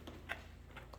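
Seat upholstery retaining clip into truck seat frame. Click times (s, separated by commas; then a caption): 0.3 s. A seat upholstery retaining clip is pressed into the frame on the side of a 2021/2022 Ford F-150 truck seat during a leather seat cover install. The clip snaps in with a quiet, sharp click at 0.3 s, between fainter ticks, and the seat cover clip is seated.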